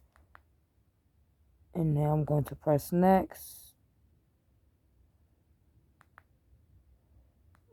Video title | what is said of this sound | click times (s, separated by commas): Managing type 1 diabetes with insulin pump | until it clicks into place | 0.4 s